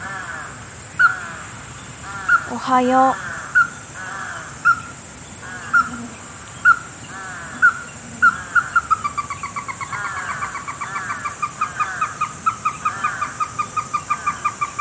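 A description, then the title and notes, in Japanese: A Ruddy-breasted Crake gives sharp, clear notes about once a second, then from around nine seconds speeds into a quick, rapidly repeated series that runs to the end. A steady high insect hiss fills the background, with a brief different call near three seconds. こえとおと----緋水鶏 by ototamari。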